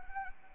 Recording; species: mosquito wingbeat signal from an infrared sensor; Anopheles arabiensis